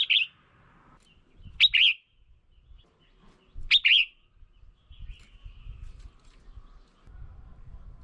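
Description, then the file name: Red-whiskered bulbul calls: three short, bright chirping phrases spaced about two seconds apart, with faint low rumbling between them. Female bird. "Tieng chao mao mai"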